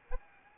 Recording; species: mosquito wingbeat signal from an infrared sensor; Anopheles arabiensis